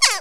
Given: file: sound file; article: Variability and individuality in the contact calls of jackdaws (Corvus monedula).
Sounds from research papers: jackdaw call; harmonic

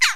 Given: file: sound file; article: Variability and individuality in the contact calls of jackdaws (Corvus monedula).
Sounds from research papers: jackdaw call; harmonic

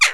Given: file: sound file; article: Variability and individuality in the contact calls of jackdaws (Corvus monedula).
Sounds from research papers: jackdaw call; harmonic

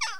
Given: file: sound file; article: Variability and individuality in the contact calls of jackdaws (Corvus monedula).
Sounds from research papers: jackdaw call; harmonic

